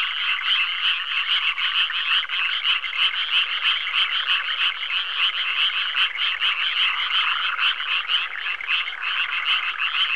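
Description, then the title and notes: Many frogs croaking at once, a rapid throbbing rhythm of harsh pulses that never stops. "NHK Sound Effects Collection - 3-Frogs. NHK効果音集 - 3-カエル"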